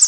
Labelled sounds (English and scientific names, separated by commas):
Pine Warbler (Setophaga pinus) flight call